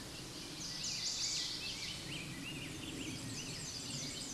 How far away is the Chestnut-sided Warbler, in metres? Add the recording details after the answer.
about 25 m. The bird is about 5 m above the microphone. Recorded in a Pennsylvania forest on 16 May 2024 at 09:32. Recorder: AudioMoth, point MSD-1534. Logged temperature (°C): 15.6 °C. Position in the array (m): 19 m, 26 m